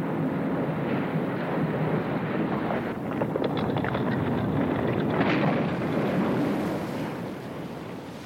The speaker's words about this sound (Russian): Не успел Пенкроф окончить фразу, как из кратера вулкана вырвался столб пара и поднялся на огромную высоту. Раздался взрыв чудовищной силы. Обломки скал взлетели в воздух и упали в океан.